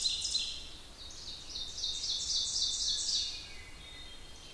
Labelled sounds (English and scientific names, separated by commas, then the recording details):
Ovenbird (Seiurus aurocapilla) song
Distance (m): 30 m
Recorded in boreal forest in Alberta, Canada, on 27 June 2016 at 08:11
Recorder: SongMeter 3, array SBT-6-79
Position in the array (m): 91 m, 208 m
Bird 41